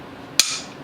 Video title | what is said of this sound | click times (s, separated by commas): 1911 Build 8 Commander 45 acp - Part 7 - Barrel Fitting | You hear that click as it unlocks, | 0.4 s